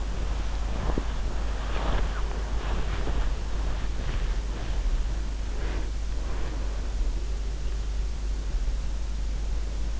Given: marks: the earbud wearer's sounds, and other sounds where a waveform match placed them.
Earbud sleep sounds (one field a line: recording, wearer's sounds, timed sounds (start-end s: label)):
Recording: sounds in sleep by an in-ear microphone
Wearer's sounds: body movement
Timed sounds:
0.00-8.61 s: body movement